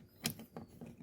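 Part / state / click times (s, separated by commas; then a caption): push switch into car dash switch opening / seated / 0.3 s. An aftermarket push switch for a Toyota garage opener mod is pressed into the plastic switch-blank opening of the car's dash panel. It snaps into place with a sharp click at 0.3 s, followed by fainter clicks and creaks around 0.4, 0.6 and 0.8 s, and the switch is seated.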